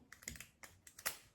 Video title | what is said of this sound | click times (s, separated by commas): haul ACTION et ALDI achats pour la maison | Voilà. J'avais mal clipsé, j'avais pas fait gaffe qu'il fallait clipser parce que vous voyez, je découvre en même temps que vous. | 0.1 s, 0.3 s, 0.6 s